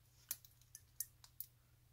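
A digital watch module for a modified Casio AE1200WH-1A is pushed down gently into the watch case so its metal retaining clips snap into place. Sharp, bright clicks land at 0.3, 0.8, 1.0 and 1.4 seconds, with fainter ticks in between over a low steady hum. The module is seated, its clips clicked down.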